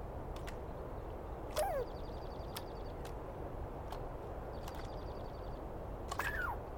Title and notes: On the morning of 21 April, 2017, I set up my microphones and recorder for a nice dawn recording in the East Cascades. I was started awake by a screaming Douglas Pine Squirrel